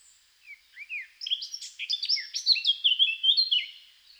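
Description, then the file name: Eurasian blackcap singing: soft chattering notes build into a rapid varied warble, then finish in several loud, clear whistled phrases. "Sylvia atricapilla"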